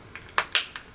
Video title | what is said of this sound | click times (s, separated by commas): Simple Steps to Renew Oakley Batwolf Sunglasses - Replacment Lens Installation Guide - Seek Optics | you should hear a popping sound like that if you do do not be alarmed it's | 0.4 s, 0.6 s